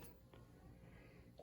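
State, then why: Not seated. The plastic head of a Nespresso Vertuo capsule coffee machine is handled after a capsule is inserted, as it is brought down toward closing and the locking lever is readied. Two brief handling knocks come at about 0.3 s and 1.4 s over a low, steady background. Nothing has clicked or locked yet.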